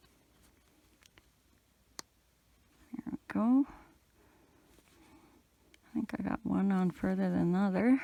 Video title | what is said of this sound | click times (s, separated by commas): FISHERMAN Father’s Day Amigurumi crochet a long | listen for those clicks | 2.0 s